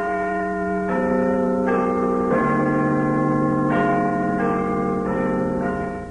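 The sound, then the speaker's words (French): A clock chiming a slow melody: about eight bell-like notes at shifting pitches, each ringing on and overlapping the next, steady and fairly loud with no voices. “Oui, c'est une horloge.”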